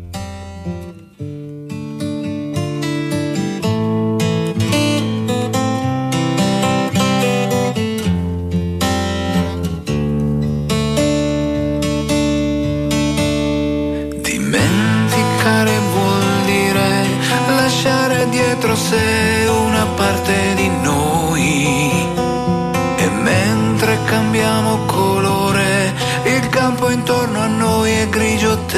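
A singer-songwriter pop song plays at a steady, full level, with sustained harmonic instrumentation that thickens and brightens partway through, suggesting a build into a fuller arrangement.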